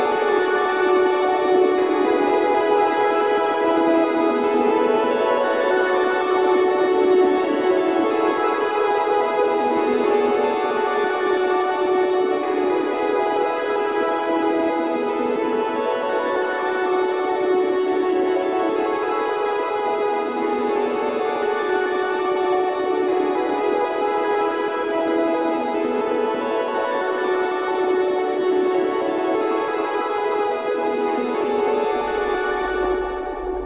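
A soundscape built from the tones of old video game consoles: a dense, steady stack of bright, buzzy electronic notes with sustained pitches shifting slowly over time. Loudness stays level throughout, with little low end, and the sound cuts off abruptly at the end.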